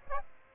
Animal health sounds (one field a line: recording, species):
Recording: mosquito wingbeat signal from an infrared sensor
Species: Aedes aegypti